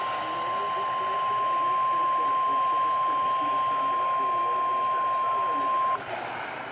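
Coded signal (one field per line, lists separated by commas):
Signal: Emergency Alert System (SAME) tones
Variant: 1050 Hz attention tone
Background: speech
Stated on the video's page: Required weekly test alert, cut off.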